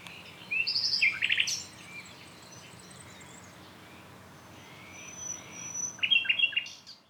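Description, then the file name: Common nightingale song: a varied phrase of sharp rattles and whistles early on, a quieter stretch with a thin high whistle, then a louder phrase near six seconds. "Luscinia megarhynchos"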